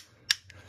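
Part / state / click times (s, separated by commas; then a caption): plastic MC4 spanner on connector cap nut / torque reached / 0.3 s, 0.5 s. A plastic MC4 spanner wrench tightens the plastic cap nut on an MC4 connector. Two sharp clicks ring out at 0.3 s and 0.5 s over a faint low hum, the second much quieter than the first. The clicks are the wrench teeth slipping over the cap's slots, which shows the cap is tight enough.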